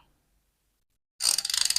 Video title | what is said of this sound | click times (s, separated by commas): เข็มขัดหนังวัวเเท้camel | ใส่เข้าไปก็ล็อค | 1.3 s, 1.4 s, 1.6 s, 1.7 s, 1.8 s